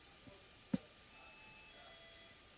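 A wood screw for a guitar neck is turned backwards in the wooden guitar body until its thread drops into the thread already cut in the wood. Against a quiet background, a single short, dull click sounds at 0.7 s. The screw has dropped into the existing thread and is seated.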